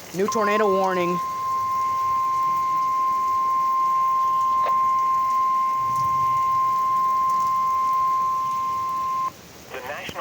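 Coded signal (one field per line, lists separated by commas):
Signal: Emergency Alert System (SAME) tones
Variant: 1050 Hz attention tone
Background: speech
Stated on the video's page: Alert tones for a tornadic squall line moving through Aberdeen, South Dakota.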